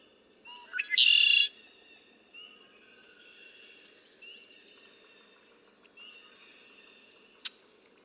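Red-winged blackbird song: a short rising note, then a loud rasping buzzy trill at the start, followed by quieter whistles and chirps.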